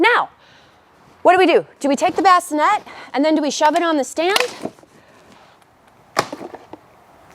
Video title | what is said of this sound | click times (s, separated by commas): Bugaboo Bassinet Stand Demo - Donkey 5 & Kangaroo Bassinets at Home or On-the-Go | It won't click on. why isn't it clicking on? | none